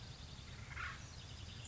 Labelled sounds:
Acorn Woodpecker
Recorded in Sonoma County, California

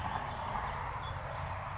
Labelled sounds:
California Towhee
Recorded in Sonoma County, California

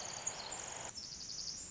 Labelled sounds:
Pacific Wren
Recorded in Sonoma County, California

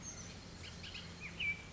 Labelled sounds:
Bullock's Oriole
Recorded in Sonoma County, California

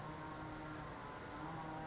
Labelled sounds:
Brown Creeper
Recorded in Sonoma County, California

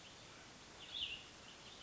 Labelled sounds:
Cassin's Vireo
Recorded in Sonoma County, California

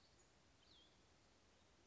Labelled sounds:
Cassin's Vireo
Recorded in Sonoma County, California

